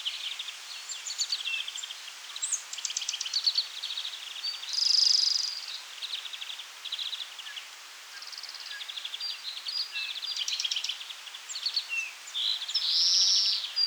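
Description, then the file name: European greenfinch with rolling buzzy trills and twitters, and two long nasal wheezes roughly eight seconds apart, a continuous lively stream of notes. "Chloris chloris"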